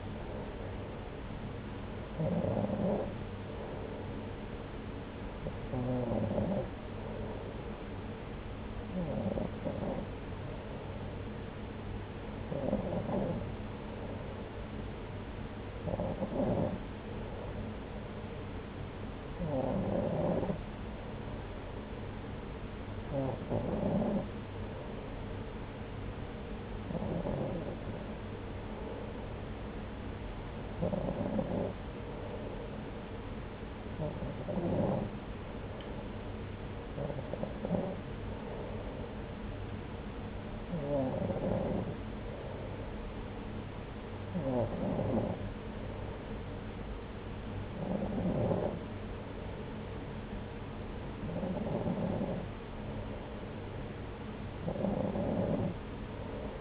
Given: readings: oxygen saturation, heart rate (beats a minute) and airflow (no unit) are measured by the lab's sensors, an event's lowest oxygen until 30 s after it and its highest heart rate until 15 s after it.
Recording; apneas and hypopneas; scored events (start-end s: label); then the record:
breathing in sleep by a voice recorder at the bedside; none
35.00-56.61 s: new sleep stage, N3 (deep sleep)
From the record:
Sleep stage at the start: N2 (light sleep); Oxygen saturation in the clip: 93 to 94%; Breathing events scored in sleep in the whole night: 303 in 8.1 hours asleep